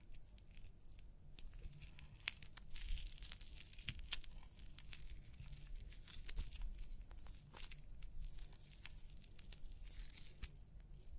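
Scalp massage during a hair wash, with fingers rubbing and scratching through hair in a steady crinkly rustle. Sharp little crackles and pops come every second or so, over a low rumbling murmur that swells and fades throughout.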